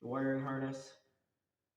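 Someone talks briefly while handling the plastic wiring harness connector that plugs into the fuel pump on a 2003–04 ZX6R, during gas tank and air box removal. Only the voice is heard, fading out after about 1.1 seconds. The connector has not seated or clicked yet.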